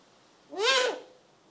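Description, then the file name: Eurasian eagle-owl giving a single harsh, rasping call that rises and falls in pitch over about half a second, against a quiet background. Recorded close. "Digiffects Sound Effects Library - Close Eagle Owl"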